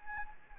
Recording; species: mosquito wingbeat signal from an infrared sensor; Anopheles gambiae